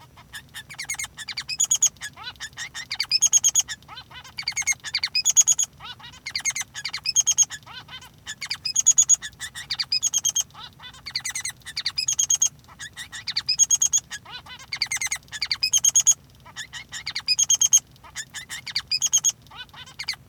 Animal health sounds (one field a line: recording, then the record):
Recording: song of a male Bengalese finch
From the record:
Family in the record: son of father 3